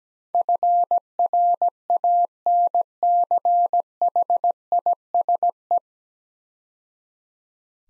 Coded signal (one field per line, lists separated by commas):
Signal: Morse code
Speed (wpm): 17 wpm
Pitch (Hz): 700 Hz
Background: none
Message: FRANCHISE